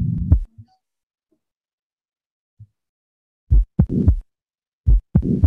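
Slowed simulated heartbeat from a heart sound simulator, with a rough murmur appearing late in systole, in the final phase of systole before the second sound, from valve prolapse, typical of mitral valve prolapse.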